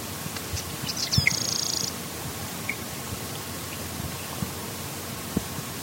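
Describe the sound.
Sedge wren singing one brief song, a sharp chip and then a fast, dry, buzzy high trill lasting under a second, followed by quiet with faint background hum.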